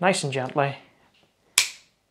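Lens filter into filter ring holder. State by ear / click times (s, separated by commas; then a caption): seated / 1.6 s. Someone talks, then a circular K&F Concept Nano X Pro Series lens filter slotted into its magnetic or metal filter ring lock holder, with the cover closed over it, gives one sharp click at 1.6 s. The filter is seated in the holder.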